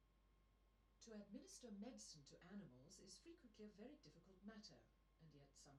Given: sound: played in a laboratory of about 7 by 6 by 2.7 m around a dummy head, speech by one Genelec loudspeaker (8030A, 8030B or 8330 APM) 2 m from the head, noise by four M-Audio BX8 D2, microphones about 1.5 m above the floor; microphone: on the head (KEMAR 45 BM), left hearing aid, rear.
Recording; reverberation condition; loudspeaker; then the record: female speech in English; low; 30 degrees to the right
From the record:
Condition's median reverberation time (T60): about 310 ms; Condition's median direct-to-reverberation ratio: about 3.5 dB